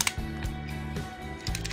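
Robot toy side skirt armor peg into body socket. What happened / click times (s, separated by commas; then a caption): The plastic panel peg snapped into its socket / 0.0 s, 0.1 s. A plastic side skirt-armor panel on a Transformers Legacy Evolution Voyager Class Trashmaster robot toy is swung over and its peg pressed into the body socket. Sharp plastic clicks sound at 0.0 and 0.1 s over steady background music. The panel is clipped on and seated; if it pops loose, it is simply pressed back.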